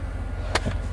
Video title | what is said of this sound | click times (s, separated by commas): Wolfbox G900 install and Tune M1 interior updates | And then it locks into place. | 0.6 s